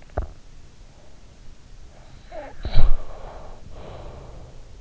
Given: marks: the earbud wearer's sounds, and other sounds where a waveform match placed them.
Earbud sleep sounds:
sounds in sleep by an in-ear microphone; swallowing, snoring breath
0.10-0.36 s: swallowing
2.33-4.75 s: snoring breath

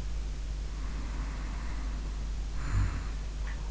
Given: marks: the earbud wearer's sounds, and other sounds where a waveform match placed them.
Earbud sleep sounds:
sounds in sleep by an in-ear microphone; snoring breath
0.87-3.10 s: snoring breath
3.45-3.71 s: sound from someone else or the room

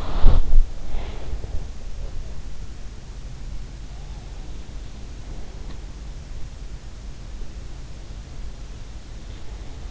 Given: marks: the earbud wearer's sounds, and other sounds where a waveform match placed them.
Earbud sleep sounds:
sounds in sleep by an in-ear microphone; breath
0.00-1.63 s: breath

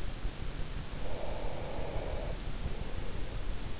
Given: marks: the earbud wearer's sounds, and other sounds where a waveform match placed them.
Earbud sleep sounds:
sounds in sleep by an in-ear microphone; breath
0.73-3.73 s: breath

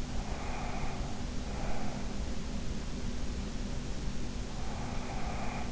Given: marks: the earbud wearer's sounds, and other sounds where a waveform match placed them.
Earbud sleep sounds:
sounds in sleep by an in-ear microphone; breath
0.10-2.16 s: breath
4.27-5.72 s: breath

